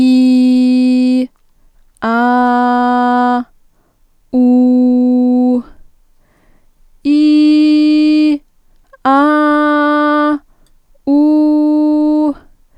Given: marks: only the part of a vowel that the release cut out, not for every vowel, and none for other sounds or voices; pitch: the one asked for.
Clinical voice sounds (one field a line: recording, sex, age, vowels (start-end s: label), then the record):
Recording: sustained vowels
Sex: female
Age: 20 to 29 years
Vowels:
0.00-0.86 s: vowel /i/, normal pitch
2.08-2.62 s: vowel /a/, normal pitch
4.42-5.29 s: vowel /u/, normal pitch
7.16-8.25 s: vowel /i/, high pitch
9.32-10.24 s: vowel /a/, high pitch
11.24-12.21 s: vowel /u/, high pitch
From the record:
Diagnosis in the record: healthy voice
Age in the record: 20 years